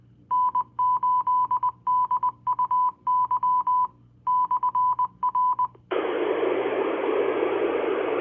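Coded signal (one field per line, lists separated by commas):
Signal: Morse code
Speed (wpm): 20 wpm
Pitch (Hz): 1000 Hz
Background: radio noise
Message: N8DUY /R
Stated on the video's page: Morse heard live on 147.345.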